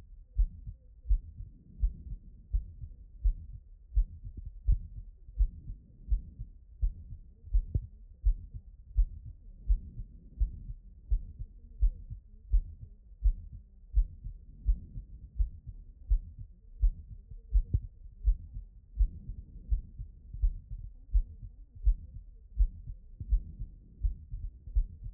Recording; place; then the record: heart sounds by stethoscope; pulmonary valve (PV)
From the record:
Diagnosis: non-HFrEF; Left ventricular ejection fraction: 59%